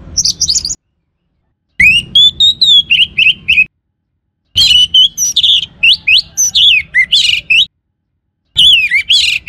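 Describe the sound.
Orange-headed thrush delivering varied, rapid phrases of high slurred whistles and twittering notes, given in bursts with short pauses.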